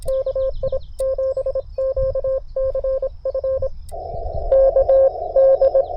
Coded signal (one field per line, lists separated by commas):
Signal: Morse code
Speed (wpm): 26 wpm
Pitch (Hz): 530 Hz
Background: none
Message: KI7QCF K D